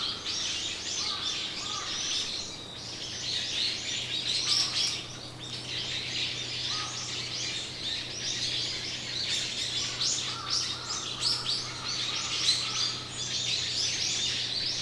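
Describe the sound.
Bird calls, a busy chorus of short high chirps and twittering throughout, over a steady low hum.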